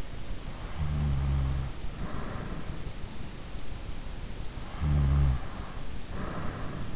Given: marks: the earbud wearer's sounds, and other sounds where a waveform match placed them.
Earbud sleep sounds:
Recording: sounds in sleep by an in-ear microphone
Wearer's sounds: snoring breath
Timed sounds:
0.75-2.48 s: snoring breath
4.82-6.41 s: snoring breath

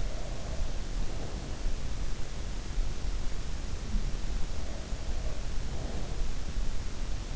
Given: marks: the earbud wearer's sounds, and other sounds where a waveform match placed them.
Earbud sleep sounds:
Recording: sounds in sleep by an in-ear microphone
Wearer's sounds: breath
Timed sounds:
0.00-2.00 s: breath
4.47-6.31 s: breath

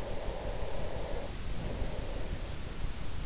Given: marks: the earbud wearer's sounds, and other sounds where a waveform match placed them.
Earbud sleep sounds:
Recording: sounds in sleep by an in-ear microphone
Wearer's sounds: breath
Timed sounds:
0.08-3.05 s: breath

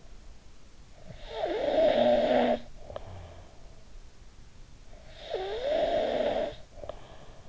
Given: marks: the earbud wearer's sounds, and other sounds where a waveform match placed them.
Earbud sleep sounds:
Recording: sounds in sleep by an in-ear microphone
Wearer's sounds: snoring breath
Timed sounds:
0.81-3.93 s: snoring breath
4.90-7.49 s: snoring breath

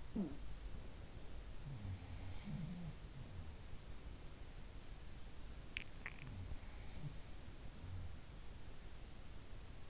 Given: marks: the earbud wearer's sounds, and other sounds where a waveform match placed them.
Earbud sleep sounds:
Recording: sounds in sleep by an in-ear microphone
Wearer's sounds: talking in sleep, swallowing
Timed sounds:
0.00-0.58 s: talking in sleep
0.11-4.21 s: sound from someone else or the room
5.47-8.17 s: sound from someone else or the room
5.48-6.29 s: swallowing

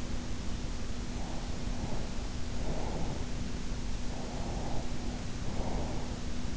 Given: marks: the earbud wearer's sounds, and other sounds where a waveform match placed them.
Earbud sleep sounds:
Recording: sounds in sleep by an in-ear microphone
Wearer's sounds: breath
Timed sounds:
1.08-3.25 s: breath
4.11-6.13 s: breath

